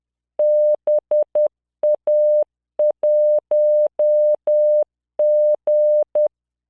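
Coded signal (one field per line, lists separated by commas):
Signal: Morse code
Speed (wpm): 10 wpm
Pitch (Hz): 600 Hz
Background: none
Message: BA1G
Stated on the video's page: Software-generated Morse practice of words with numbers and symbols at 10 wpm, 600 Hz tone, standard 3-dot spacing.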